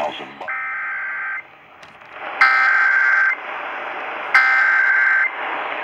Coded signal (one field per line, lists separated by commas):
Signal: Emergency Alert System (SAME) tones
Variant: header bursts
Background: speech